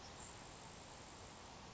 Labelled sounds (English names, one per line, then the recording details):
Grasshopper Sparrow
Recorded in Sonoma County, California